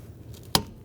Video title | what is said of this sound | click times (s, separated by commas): How to Replace Folding Seat Release Cable 2008-2020 Dodge Grand Caravan | it should click in place and over here rescure the fabric | 0.6 s